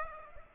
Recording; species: mosquito wingbeat signal from an infrared sensor; Aedes aegypti